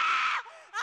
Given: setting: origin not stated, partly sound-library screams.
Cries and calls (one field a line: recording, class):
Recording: one-second piece from a danger detection set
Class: woman in danger